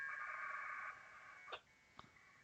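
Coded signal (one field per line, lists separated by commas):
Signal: packet radio (AX.25, as in APRS)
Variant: 1200 baud AFSK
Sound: brief harsh warbling data screech under a second, then a click and faint tones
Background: radio static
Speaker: a fun game if you can stand the screeching noises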